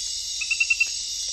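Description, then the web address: Glass frog giving a quick series of five short, high notes over a constant hiss of insects. Unidentified centrolenid species from the Ecuadorian Amazon. "Natures Songs S America Frogs of Ecuadorian Amazon centrolenid sp 5"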